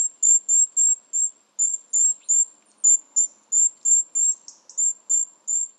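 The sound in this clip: Bird giving high, thin chirps repeated quickly and steadily, roughly three each second, with a few brief fainter notes between.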